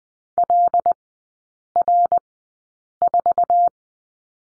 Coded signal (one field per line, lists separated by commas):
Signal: Morse code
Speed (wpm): 20 wpm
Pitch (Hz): 700 Hz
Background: none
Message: LR4